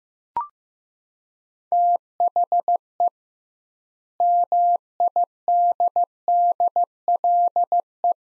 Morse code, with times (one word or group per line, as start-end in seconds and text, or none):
1.7-3.1 THE
4.2-8.1 MIDDLE